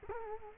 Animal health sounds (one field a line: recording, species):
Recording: mosquito wingbeat signal from an infrared sensor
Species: Culex quinquefasciatus